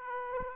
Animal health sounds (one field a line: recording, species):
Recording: mosquito wingbeat signal from an infrared sensor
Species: Aedes aegypti